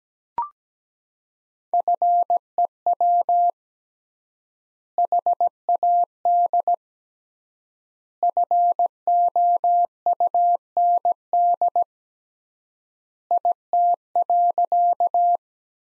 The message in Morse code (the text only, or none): FEW HAD FOUND IT.